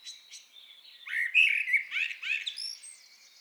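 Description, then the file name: Eurasian blackbird song: soft high notes lead into a full, mellow whistled warble, then closing squeaky twitters. "Turdus merula"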